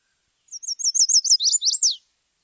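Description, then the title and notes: Chestnut-sided warbler song: a quick run of high, thin repeated notes ending in three lower, sharply down-slurred accented notes. Species sings two basic songs: one accented at the end (pleased-to-meetcha song), the other not. "Chestnut-sided Warbler Fall was photographed at Green-wood Cemetery in Brooklyn, New York"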